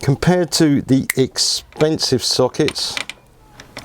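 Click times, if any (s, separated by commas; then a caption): 3.6 s, 3.8 s. Someone talks, then a socket bit from a compact set is pushed into its driver or holder. Two short, sharp ticks are heard at 3.6 s and 3.8 s as the bit snaps into place and seats.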